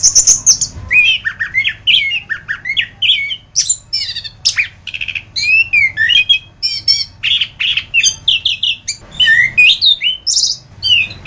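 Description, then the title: Thrush song, a fast run of varied whistled and buzzy notes with rising and falling slurs, almost without pause throughout. "Suara Burung Anis"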